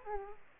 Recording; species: mosquito wingbeat signal from an infrared sensor; Aedes aegypti